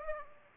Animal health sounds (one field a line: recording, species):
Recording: mosquito wingbeat signal from an infrared sensor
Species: Aedes aegypti